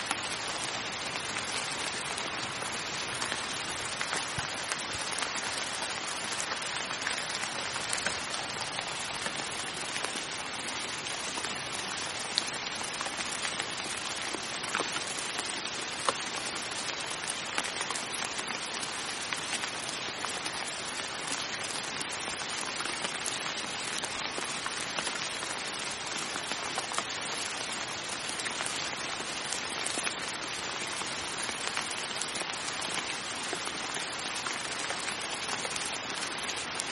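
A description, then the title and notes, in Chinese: Steady, dense rain patters evenly on a surface throughout, a bright hiss of countless drops with no other sounds. 纯下雨声 安静。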